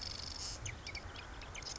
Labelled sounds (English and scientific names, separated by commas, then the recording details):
Marsh Wren (Cistothorus palustris)
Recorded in Sonoma County, California